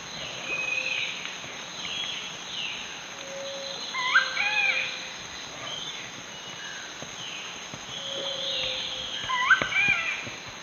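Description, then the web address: Scale-breasted woodpecker calls, short harmonic downslurred notes in two bursts, with other faint bird whistles and a constant insect-like hiss in the background. Calls; eastern lowlands of South America. "Natures Songs S America Eastern Lowlands. Celeus grammicus, calls"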